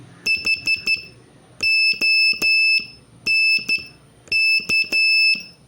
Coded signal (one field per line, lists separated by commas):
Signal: Morse code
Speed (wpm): 13 wpm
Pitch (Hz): 2650 Hz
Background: none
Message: HONK